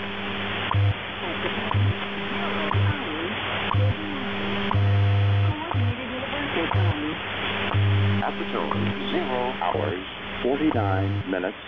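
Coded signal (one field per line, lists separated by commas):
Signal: radio time signal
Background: speech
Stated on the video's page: WWVH test signals on 15000 kHz at minute 48, received with an Airspy HF+ Discovery.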